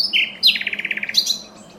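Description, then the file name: Common nightingale song: a short phrase of a whistle followed by a fast run of about ten repeated chattering notes, ending in a high chirp. "Luscinia megarhynchos"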